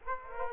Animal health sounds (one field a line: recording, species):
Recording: mosquito wingbeat signal from an infrared sensor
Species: Aedes aegypti